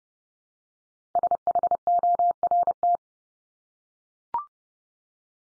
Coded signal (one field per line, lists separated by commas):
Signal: Morse code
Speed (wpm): 30 wpm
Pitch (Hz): 700 Hz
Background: none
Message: SHORT